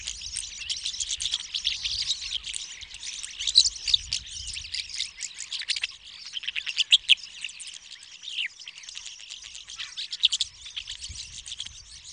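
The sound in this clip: Rosy starling song: continuous harsh chattering and scratchy rattles, busy and unbroken throughout, with occasional louder squeaky notes.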